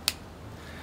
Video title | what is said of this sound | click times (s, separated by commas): HexaTrek thru-hike gear review : Which gear helped me cross France by foot for 3000km | and when you hear this click you know that nobody can take it out of you | 0.1 s